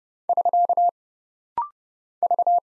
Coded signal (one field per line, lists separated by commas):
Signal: Morse code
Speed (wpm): 30 wpm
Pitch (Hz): 700 Hz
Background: none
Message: <SK> V